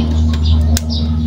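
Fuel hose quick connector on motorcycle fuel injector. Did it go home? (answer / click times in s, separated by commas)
released / 0.8 s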